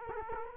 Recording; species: mosquito wingbeat signal from an infrared sensor; Culex quinquefasciatus